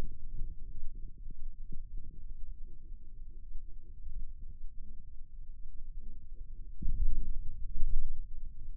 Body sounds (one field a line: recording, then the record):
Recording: forearm muscle sounds (acoustic myography)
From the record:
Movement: radial deviation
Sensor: system 2, bracelet of six BSWA MPA416 microphones around the upper forearm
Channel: 1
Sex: male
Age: 22 years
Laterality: right